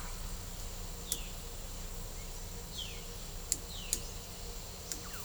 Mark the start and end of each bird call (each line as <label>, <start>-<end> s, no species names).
bird call, 1.01-1.35 s
bird call, 2.67-3.07 s
bird call, 3.68-4.08 s